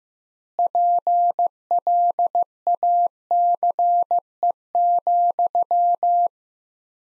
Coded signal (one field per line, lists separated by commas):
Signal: Morse code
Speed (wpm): 15 wpm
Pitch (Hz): 700 Hz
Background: none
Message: PLACE,